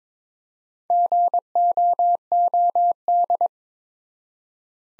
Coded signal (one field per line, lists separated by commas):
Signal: Morse code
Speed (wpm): 22 wpm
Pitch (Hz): 700 Hz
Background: none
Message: GOOD